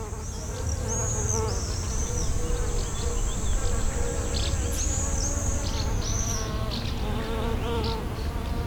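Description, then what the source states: Bees buzzing in a steady, wavering low hum, with thin high whistled notes. Montignac, Rue du Calvaire.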